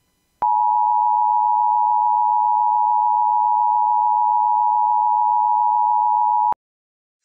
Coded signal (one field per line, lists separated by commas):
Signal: Emergency Alert System (SAME) tones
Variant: 853 and 960 Hz attention tone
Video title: EAS Scenario #8: The Moon's Final Exit